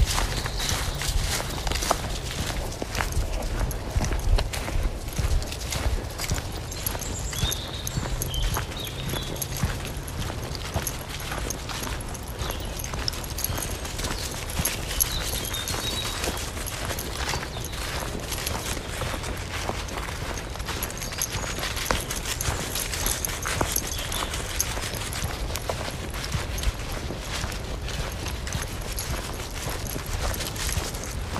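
A walk in the woods with a dog: steady, crunching footsteps fill the whole stretch, a dense run of short scuffs and taps at an even walking pace. Faint bird calls flicker high above, and a low rumble stays underneath throughout.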